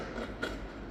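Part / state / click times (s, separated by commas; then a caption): quick-change controller module onto its magnetic mount base / not seated / none. A quick-change controller module with rare earth magnets is lined up with the holes on its magnetic mount base and handled into place, with a brief sharp tap near 0.4 s over low background noise. Nothing has seated or clicked yet; the clip ends just before the module snaps home.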